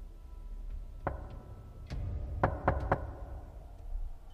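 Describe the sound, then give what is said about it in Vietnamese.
Quick, sharp knocks on a door: a couple of separate raps, then a rapid burst of three, each crisp and short against a quiet background with no voices. “Không có tiếng đáp, chỉ là mấy tiếng gõ cửa, âm thanh nghe nhanh gọn.”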